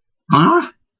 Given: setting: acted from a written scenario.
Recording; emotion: vocal sound without words; negative surprise